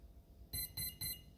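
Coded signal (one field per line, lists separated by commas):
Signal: beep code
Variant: Skywalker 80A ESC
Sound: quiet, then three short buzzy two-tone beeps in quick succession, the last cut off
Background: quiet room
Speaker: then we need linear which is four beeps we listen for four beeps and we select that one by moving it up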